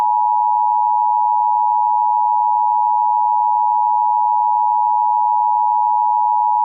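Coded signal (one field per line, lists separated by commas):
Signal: Emergency Alert System (SAME) tones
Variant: 853 and 960 Hz attention tone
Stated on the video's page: Fictional EAS scenario about Pac-Man eating people.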